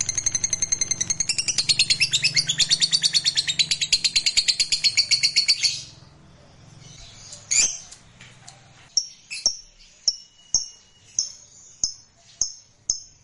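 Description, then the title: Lovebird giving a long, rapid, shrill pulsed trill for about six seconds, followed after a pause by a series of sharp single chirps. Fighter lovebird giving a long ngekek trill. "Suara Lovebird FIGHTER NGEKEK PANJANG"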